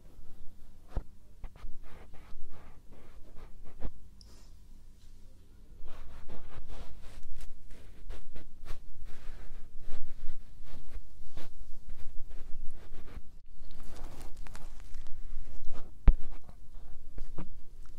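Ear tapping and brushing: quick, irregular taps and soft scratchy strokes in dense runs over a low, muffled rumble. The first few seconds are sparser, with a quieter stretch around four to six seconds. After that the taps come thicker and louder, with a sharp tap near sixteen seconds.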